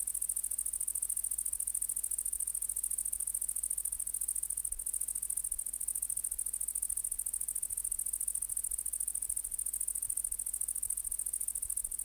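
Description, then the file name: Great green bush-cricket singing a steady, very high-pitched sizzling trill, rapid pulses packed into an unbroken buzz throughout. "Tettigonia viridissima"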